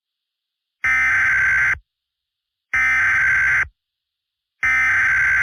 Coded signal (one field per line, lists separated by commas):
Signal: Emergency Alert System (SAME) tones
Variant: header bursts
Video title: EAS Scenario: Clone VPN Part 2